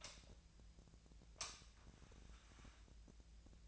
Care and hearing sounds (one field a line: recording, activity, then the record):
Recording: daily activity, microphone in the room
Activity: light on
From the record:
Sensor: 2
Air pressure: 1009.7 hPa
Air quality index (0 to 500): 181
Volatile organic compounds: 10 ppm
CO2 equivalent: 2260 ppm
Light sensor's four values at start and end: 26/63/27/30 and 31/82/35/36